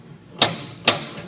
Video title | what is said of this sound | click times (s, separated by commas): AIT Rotary Heat Press 7300 7400 Seires Overview | rotates clicks | 0.4 s, 0.9 s